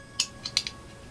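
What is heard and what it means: The license plate of a die-cast Ghostbusters Ecto-1 model car, with small pegs on its back, is pressed into holes in the front bumper. Sharp clicks ring out at 0.2 s and 0.6 s, with fainter ticks between and just after. The plate snaps into place and is seated.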